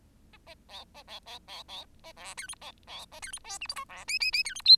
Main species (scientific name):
Lonchura striata domestica